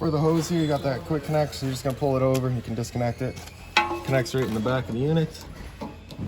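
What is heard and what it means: Someone talks while handling the propane hose quick-connect fitting for the appliance gas inlet on the back of the outdoor unit of a 2022 Wildwood 273QBXL, with a few light handling sounds under the speech. The clip ends before the fitting goes home, so nothing has seated or clicked yet.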